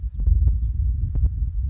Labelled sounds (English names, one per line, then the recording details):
House Finch
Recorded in Sonoma County, California